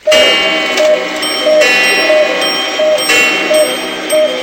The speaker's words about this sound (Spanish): ¿Son mis relojes lo que oigo? Sí, son las 8. ¡Perfecto! Mi experimento ha funcionado. Todos se atrasan exactamente 25 minutos.